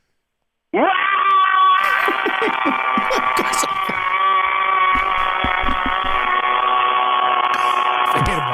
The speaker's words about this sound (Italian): Salutami a modo tuo, col tuo classico urlo alla Richard Benson.